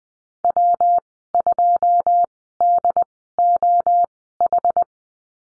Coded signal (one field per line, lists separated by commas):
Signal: Morse code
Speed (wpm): 20 wpm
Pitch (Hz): 700 Hz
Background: none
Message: W2DOH